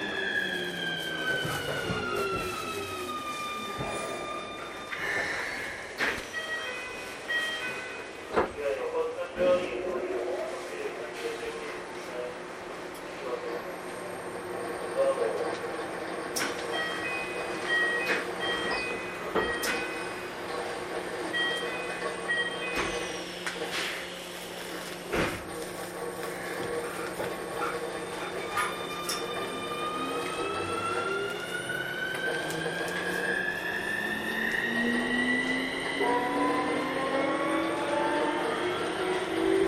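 A Keikyu N1000 series aluminum-bodied train runs between Yokohama and Misakiguchi. Its motor whine glides downward over the first five seconds, then a steady low hum carries through the middle with scattered sharp clicks and knocks, and the whine climbs again after about 28 seconds.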